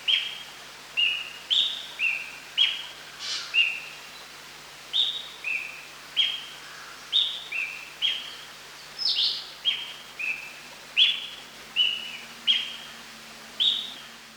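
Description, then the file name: Javan green magpie calls: a steady series of clear whistled notes with one longer pause, over constant hiss. "suara burung cissa thalassina ekek keling"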